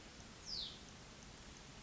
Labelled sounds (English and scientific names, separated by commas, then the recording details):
Hutton's Vireo (Vireo huttoni)
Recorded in Sonoma County, California